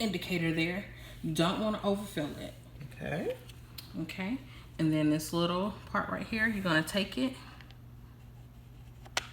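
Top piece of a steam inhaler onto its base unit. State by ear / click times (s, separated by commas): seated / 9.2 s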